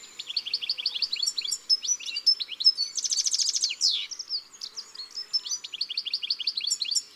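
European Goldfinch song: a fast, liquid tinkling twitter of bright, high notes running continuously, broken midway by a short buzzy burst.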